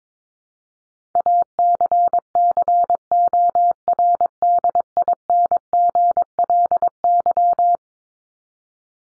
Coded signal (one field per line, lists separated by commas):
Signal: Morse code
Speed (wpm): 22 wpm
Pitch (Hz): 700 Hz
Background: none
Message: ACCORDINGLY